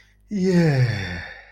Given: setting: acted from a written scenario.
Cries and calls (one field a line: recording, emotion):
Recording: vocal sound without words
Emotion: ecstasy